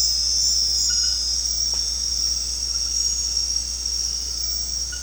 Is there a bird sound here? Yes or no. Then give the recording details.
no. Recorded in secondary vegetation near Puerto Asís, Putumayo, Colombia, on 13 March 2025 at 21:00. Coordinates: 0.484, -76.319. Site G010